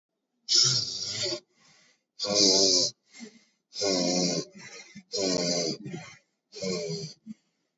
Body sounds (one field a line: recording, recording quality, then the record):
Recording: deep breathing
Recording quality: excellent, no background noise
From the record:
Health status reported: COVID-19 positive, no symptoms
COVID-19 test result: positive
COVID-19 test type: RT-PCR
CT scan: taken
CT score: 4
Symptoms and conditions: fever, diabetes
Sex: male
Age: 51 years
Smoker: no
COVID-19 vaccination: both doses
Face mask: worn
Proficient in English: yes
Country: India